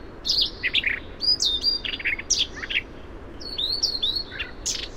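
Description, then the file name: Siberian rubythroat singing a quick jumble of sliding whistles and dry chips, phrases tumbling one after another without a clear repeat, against soft steady hiss. Variation. "suara siberian rubythroat variasi"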